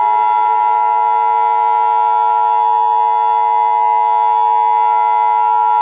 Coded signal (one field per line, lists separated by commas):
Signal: Emergency Alert System (SAME) tones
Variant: 853 and 960 Hz attention tone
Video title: EAS SHoRT #4 long Valley volcano (NOT FOR KIDS)